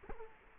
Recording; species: mosquito wingbeat signal from an infrared sensor; Culex quinquefasciatus